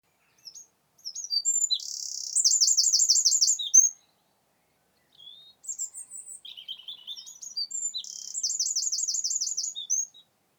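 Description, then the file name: Eurasian wren song given twice, each burst a fast jumble of high chirps and shrill trills lasting several seconds, separated by a short silence. "Troglodytes troglodytes"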